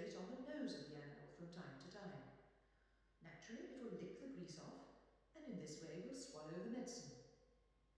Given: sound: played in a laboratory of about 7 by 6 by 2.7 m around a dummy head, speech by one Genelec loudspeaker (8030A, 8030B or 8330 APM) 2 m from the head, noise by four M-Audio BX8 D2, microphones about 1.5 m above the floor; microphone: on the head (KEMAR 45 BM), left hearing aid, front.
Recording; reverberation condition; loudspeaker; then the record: female speech in English; high; behind (180 degrees)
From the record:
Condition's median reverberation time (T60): about 1300 ms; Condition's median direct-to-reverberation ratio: about -4.0 dB